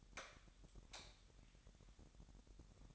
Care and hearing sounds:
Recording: daily activity, microphone in the room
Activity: light off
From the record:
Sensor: 3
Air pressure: 1011.9 hPa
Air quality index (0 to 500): 228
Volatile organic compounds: 4 ppm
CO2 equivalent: 1693 ppm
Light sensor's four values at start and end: 16/41/17/17 and 14/33/14/14

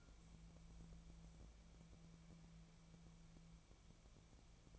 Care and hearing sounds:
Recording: daily activity, microphone in the room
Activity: wipe stove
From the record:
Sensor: 1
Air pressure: 1000.6 hPa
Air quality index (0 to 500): 186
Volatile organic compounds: 5 ppm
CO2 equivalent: 1714 ppm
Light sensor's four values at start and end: 12/27/11/13 and 12/27/11/13

